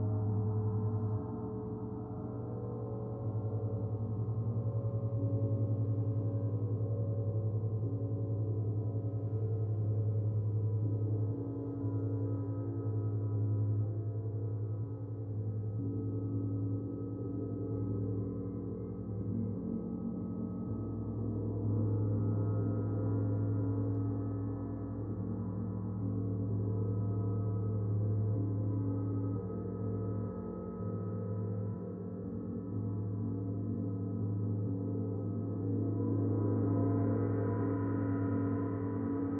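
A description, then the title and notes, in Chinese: A gong being practiced, its deep, sustained hum ringing continuously for the whole stretch with a strong low drone and many shimmering overtones above it. The loudness stays steady, with slight swells and a brightening near the end as it is struck again. 銅鑼練習 Gong。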